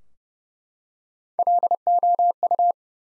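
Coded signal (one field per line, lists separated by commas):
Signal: Morse code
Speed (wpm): 30 wpm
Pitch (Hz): 700 Hz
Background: none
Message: LOU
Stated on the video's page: Head-copy drill of common three-letter-or-shorter US names sent at 30 wpm, each sent twice.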